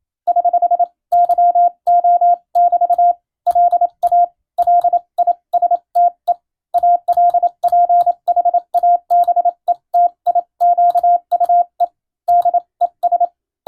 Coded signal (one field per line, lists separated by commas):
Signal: Morse code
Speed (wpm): 27 wpm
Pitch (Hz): 700 Hz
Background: none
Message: <HH> YO <BT> LA LISTE ALPHABETIQUE DES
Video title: 懐かしいなぁ、モールス信号！モールスを教える専門学校がありました！国家試験に準じた欧文無線電報です。今でも国家試験があります。アマチュア無線の受信練習にどうぞ morse code practice